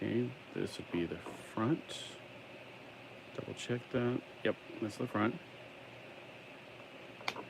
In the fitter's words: There we go. That was a nice click.